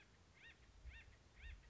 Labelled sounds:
Acorn Woodpecker (Melanerpes formicivorus)
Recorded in Sonoma County, California

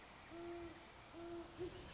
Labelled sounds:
Great Horned Owl (Bubo virginianus)
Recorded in Sonoma County, California

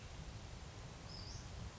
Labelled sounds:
Western Flycatcher (Empidonax difficilis)
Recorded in Sonoma County, California

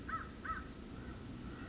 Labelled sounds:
American Crow (Corvus brachyrhynchos)
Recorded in Sonoma County, California

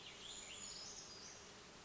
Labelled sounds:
Brown Creeper (Certhia americana)
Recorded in Sonoma County, California

